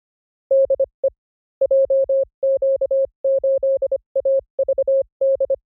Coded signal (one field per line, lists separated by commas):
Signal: Morse code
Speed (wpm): 25 wpm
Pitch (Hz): 540 Hz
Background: none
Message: DE JQ8AVD